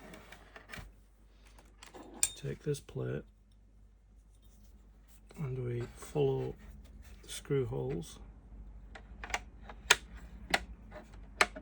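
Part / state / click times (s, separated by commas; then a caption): plastic plate into model Dalek body section / seated / 9.9 s, 11.4 s. A plastic plate on a partwork Dalek model is lined up with the screw holes and pressed into the body section's little grooves, as on the other side, while someone talks and light handling taps and rustles are heard. Sharp clicks at 9.9 s and 11.4 s mark the plate snapping into place, and it is seated.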